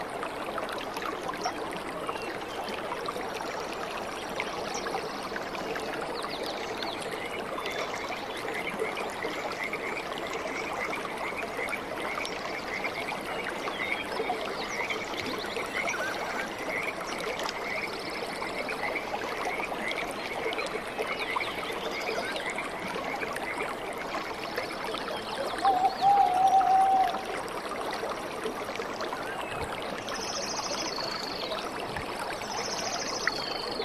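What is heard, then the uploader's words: A river bubbles and rushes over falls in a rainforest, a dense, steady wash of water. A rapid trill pulses above it from about 7 to 25 seconds, a short clear whistle sounds near 26 seconds, and high chirps come near the end. Rainforest, Bubbling River Falls - Monterreal Rainforest, Ecuador. Gentle #Birds #Insects #Animals #Daytime #SouthAmerica.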